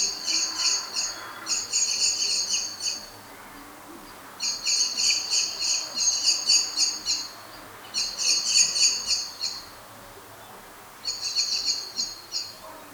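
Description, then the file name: Eurasian blackbird giving high, rapid clicking call bursts, each lasting one to three seconds, separated by short pauses, with faint background hiss. "Turdus merula"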